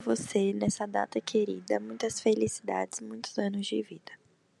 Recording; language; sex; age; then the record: short text; Brazilian Portuguese; female; 18 to 19 years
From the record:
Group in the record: control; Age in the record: 19 years